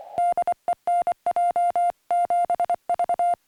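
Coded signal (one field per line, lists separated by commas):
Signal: Morse code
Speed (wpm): 24 wpm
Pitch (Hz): 700 Hz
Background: music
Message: DE NJ7V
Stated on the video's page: Morse from a Summits on the Air activation, on 2-meter CW with the PackTenna TrekMount antenna and on HF bands.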